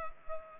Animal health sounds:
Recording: mosquito wingbeat signal from an infrared sensor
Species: Culex pipiens

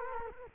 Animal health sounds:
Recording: mosquito wingbeat signal from an infrared sensor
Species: Culex quinquefasciatus

